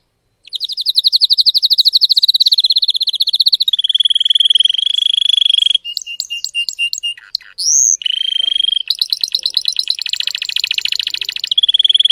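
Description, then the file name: Canary (Spanish Timbrado): canary song in varied sections: fast rolling trills, a smooth sustained tone, a run of spaced metallic notes, then more rapid trills. Song of a Spanish Timbrado canary, called 'canário belga' in the Portuguese source. "canto do canario belga timbrado espanhol"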